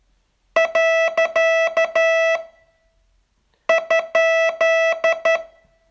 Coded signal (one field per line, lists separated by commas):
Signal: Morse code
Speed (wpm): 10 wpm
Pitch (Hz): 660 Hz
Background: none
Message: . ?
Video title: Learn Morse in 42 Days from VU2LAU - day 39